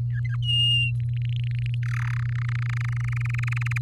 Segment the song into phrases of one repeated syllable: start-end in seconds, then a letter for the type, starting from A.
0.10-0.36 A, 0.42-0.92 B, 1.00-1.75 C, 1.83-2.23 D, 2.25-3.78 E